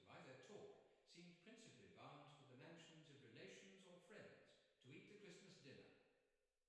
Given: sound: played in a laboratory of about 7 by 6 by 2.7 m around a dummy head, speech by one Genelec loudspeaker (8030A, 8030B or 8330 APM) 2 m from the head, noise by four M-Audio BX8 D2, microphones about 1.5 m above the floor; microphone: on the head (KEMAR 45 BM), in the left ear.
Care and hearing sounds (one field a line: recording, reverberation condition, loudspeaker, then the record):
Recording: male speech in English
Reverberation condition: high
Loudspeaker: 30 degrees to the right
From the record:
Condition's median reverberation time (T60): about 1300 ms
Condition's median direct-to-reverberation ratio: about -4.0 dB